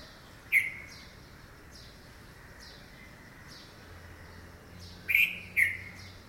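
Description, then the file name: Red-vented bulbul calls: a short bright note near the start and two sharp chirps close together near the end, with a faint repeated high tick in the background. "Pycnonotus cafer - Red-vented Bulbul"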